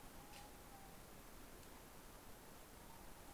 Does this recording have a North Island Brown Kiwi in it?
no